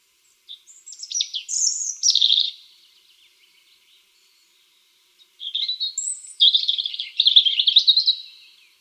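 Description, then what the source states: European robin song, two bursts of high, sweet warbling phrases with quick trills and tumbling notes, separated by a pause of about three seconds, in an otherwise quiet background. Melodious warbling song sung from strategic perches, often quite high up; rarely heard in July and August while molting.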